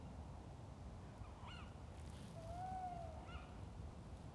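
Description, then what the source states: Owl calls: two brief hooked notes spaced about two seconds apart, with a longer, smooth, arching whistle between them, all against a constant hiss. Several owls, recorded on 26 February 2022.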